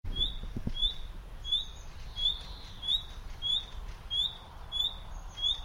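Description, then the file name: Common nightingale calls, a short high upslurred whistle repeated about every two-thirds of a second over steady low background noise. "Luscinia megarhynchos"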